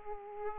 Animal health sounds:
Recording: mosquito wingbeat signal from an infrared sensor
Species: Aedes aegypti

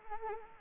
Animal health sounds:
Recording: mosquito wingbeat signal from an infrared sensor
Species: Anopheles arabiensis

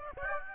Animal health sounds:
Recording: mosquito wingbeat signal from an infrared sensor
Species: Aedes aegypti

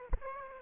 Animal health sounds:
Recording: mosquito wingbeat signal from an infrared sensor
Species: Aedes aegypti

